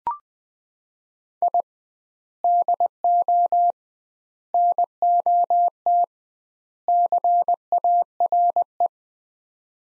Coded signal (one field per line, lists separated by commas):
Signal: Morse code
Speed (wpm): 19 wpm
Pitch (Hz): 700 Hz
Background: none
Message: I DO NOT CARE